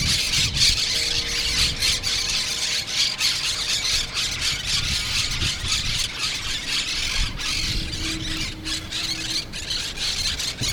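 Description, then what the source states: Monk parakeet flock: loud, continuous, screechy squawking from many birds at once, with brief faint tones underneath. Parrots in Brooklyn.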